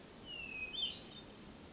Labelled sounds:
Hermit Thrush (Catharus guttatus)

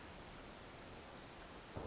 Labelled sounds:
Pacific Wren (Troglodytes pacificus)

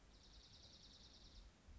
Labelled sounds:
Dark-eyed Junco (Junco hyemalis)

